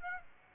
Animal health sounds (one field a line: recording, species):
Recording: mosquito wingbeat signal from an infrared sensor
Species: Aedes aegypti